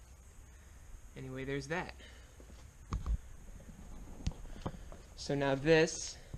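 Someone talks while handling a paper and foam air filter element at the plastic air cleaner housing of a John Deere JS40 mower engine. Short knocks and taps of handling come at about 2.9, 3.1, 4.3 and 4.9 seconds. The element has not popped in yet, so nothing has seated or clicked.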